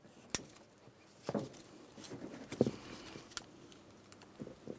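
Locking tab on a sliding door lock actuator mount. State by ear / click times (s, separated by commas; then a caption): released / 0.3 s. A small pocket screwdriver gently pries the plastic locking tab on the rear sliding door lock actuator mount of a 2008-2016 Chrysler Town & Country so the actuator can slide out of position. A sharp click at 0.4 s marks the tab releasing, followed by softer handling knocks and another brief tick at 3.4 s.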